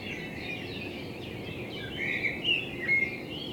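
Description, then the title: Common blackbird song with a few clear whistled notes in the second half, over faint warbling and a steady background hiss. Recorded in front of the recordist's window with a homemade binaural dummy head, intended for headphone listening. "Kunstkopfaufnahme der Amsel vor meinem Fenster"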